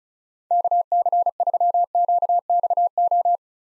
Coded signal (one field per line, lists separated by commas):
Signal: Morse code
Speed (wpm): 34 wpm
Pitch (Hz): 700 Hz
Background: none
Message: KC3QXO